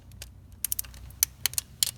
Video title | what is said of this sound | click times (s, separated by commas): Chevy Cruze Water Pump Part 3 | go until it clicks, and then I just go ahead and go all the way around to make sure they are all at the right torque. | 0.6 s, 1.2 s, 1.5 s, 1.8 s